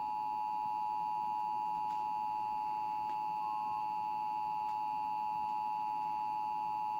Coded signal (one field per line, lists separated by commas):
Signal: Emergency Alert System (SAME) tones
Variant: 853 and 960 Hz attention tone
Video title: Required Monthly Test on WGN-TV (EAS #1,081) 12/5/17